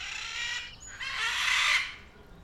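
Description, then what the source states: Macaw letting out two loud, harsh, grating squawks, the second longer. Captive macaws at a zoo in Dublin, Ireland, in the evening; very loud squawking.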